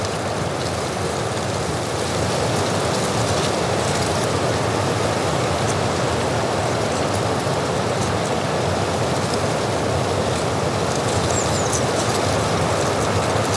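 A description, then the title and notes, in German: Wind and weather on a mountain, recorded as a steady, dense roar that fills the low and middle range without letup for the whole fourteen seconds. The rushing stays at an even loudness, with faint brighter flickers and ticks scattered high above it, possibly rain or gusts catching the microphone. Natur - Hochgern im Chiemgau. Aufnahme vom Hochgern bei Wind und Wetter.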